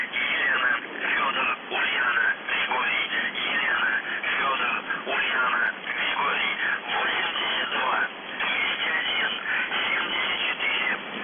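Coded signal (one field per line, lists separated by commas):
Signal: numbers station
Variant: UVB-76, Russian voice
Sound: a man's voice speaking steadily over a narrow, static-laden shortwave channel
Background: radio static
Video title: The Buzzer/UVB-76(4625Khz) April 12, 2021 08:03UTC Voice message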